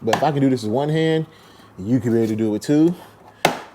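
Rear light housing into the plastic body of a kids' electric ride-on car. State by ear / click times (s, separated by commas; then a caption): seated / 3.4 s. A plastic rear light housing is lined up with two small latches on the back of a kids' electric ride-on car's plastic body and slid in one-handed. Someone talks, then the housing snaps home with a sharp click at 3.4 s, seating the rear light into place.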